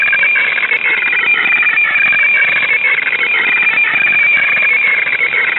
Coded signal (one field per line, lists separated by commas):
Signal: weather fax (radiofax)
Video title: Joint Operational Meteorology & Oceanography Centre (JOMOC) weatherfax transmission - FAX 2618.5 kHz